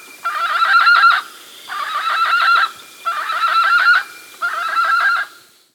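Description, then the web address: Andean guan giving four harsh, rattling, pulsed call bursts, each about a second long, separated by short pauses. South America. "S America Andean Guan (Penelope Montagnii)"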